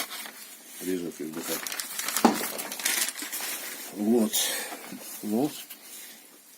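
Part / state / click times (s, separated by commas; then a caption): knife blade into its sheath / not seated / none. A Yakut knife with a 147 mm blade, 18 mm wide and 4 mm thick, weighing 109 g alone and 169 g in its sheath, is handled as its blade is being pushed into the sheath while someone talks. Crinkling handling noise and several short, sharp knocks are heard between about 2.0 and 2.9 s. The blade has not yet clicked or seated in the sheath.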